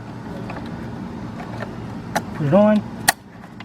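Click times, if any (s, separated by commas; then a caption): 3.1 s. A small plastic wiring harness retaining clip is pressed onto its mount on an engine bracket of a 2000 Nissan Maxima, during throttle body removal and cleaning on a car that stalls when starting or at stop signs. Someone talks over a low background hum, and a sharp, loud click rings out at 3.1 s as the clip snaps on and seats.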